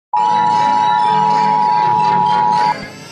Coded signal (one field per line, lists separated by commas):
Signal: Emergency Alert System (SAME) tones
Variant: 853 and 960 Hz attention tone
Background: music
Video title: Egypt EAS alarm (1999)